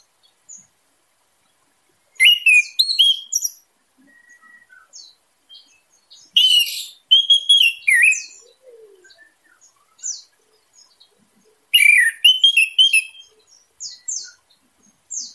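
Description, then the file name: Orange-headed thrush song: three loud bursts of fast, jumbled chirps and whistles, with softer scattered notes filling the gaps between them. Singing intensely; song style described as 'teler' and 'gacor dor'. "suara anis merah teler gacor dor"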